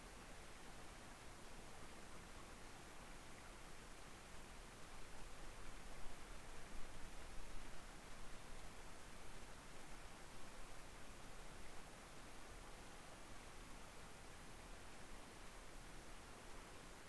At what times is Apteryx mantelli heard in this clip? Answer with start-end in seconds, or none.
none